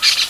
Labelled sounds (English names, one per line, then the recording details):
Brown-throated Parakeet contact call
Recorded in Venezuela
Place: Guárico; Corozopando; Fundo La Fe
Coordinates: 8.506, -67.593